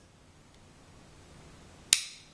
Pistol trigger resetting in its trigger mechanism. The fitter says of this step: until you hear an audible click like this